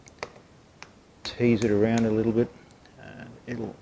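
A lubricated rubber grommet is teased through a mounting hole in a Wunderlich Ergo Marathon II windscreen or Cymarc support bracket on a BMW R1200GS/R1250GS Adventure motorcycle. Faint ticks of handling come at about 0.2 and 0.8 s, and someone talks from about 1.3 to 2.5 s and again briefly near 3.5 s. Nothing has seated or popped into place yet.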